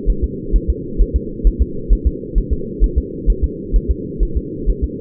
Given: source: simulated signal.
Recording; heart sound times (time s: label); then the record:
fetal heart sounds
0.10 s: S1
0.24 s: S2
0.56 s: S1
0.70 s: S2
1.02 s: S1
1.16 s: S2
1.47 s: S1
1.62 s: S2
1.93 s: S1
2.07 s: S2
2.38 s: S1
2.53 s: S2
2.84 s: S1
2.98 s: S2
3.30 s: S1
3.44 s: S2
3.76 s: S1
3.91 s: S2
4.23 s: S1
4.37 s: S2
4.70 s: S1
4.84 s: S2
From the record:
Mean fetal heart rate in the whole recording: 130 bpm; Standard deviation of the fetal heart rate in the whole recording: 2 bpm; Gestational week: 36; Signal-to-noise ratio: -4.3 dB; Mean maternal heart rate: 72 bpm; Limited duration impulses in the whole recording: absent